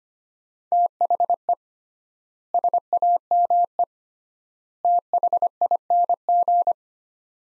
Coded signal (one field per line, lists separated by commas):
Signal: Morse code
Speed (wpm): 25 wpm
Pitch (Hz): 700 Hz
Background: none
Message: THE SAME THING